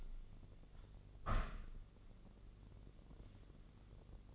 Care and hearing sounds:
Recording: daily activity, microphone in the room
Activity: open window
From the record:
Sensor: 4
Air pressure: 1013.1 hPa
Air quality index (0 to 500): 169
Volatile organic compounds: 2 ppm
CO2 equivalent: 1065 ppm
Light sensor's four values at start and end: 39/96/39/38 and 37/91/37/38

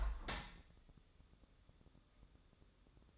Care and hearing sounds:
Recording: daily activity, microphone in the room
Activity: open window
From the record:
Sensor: 3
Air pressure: 1014.9 hPa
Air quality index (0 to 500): 43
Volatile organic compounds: 1 ppm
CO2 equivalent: 611 ppm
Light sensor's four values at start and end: 9/22/9/9 and 9/22/9/9

